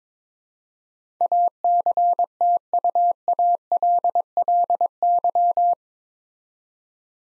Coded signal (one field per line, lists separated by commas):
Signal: Morse code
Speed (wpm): 22 wpm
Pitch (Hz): 700 Hz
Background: none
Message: ACTUALLY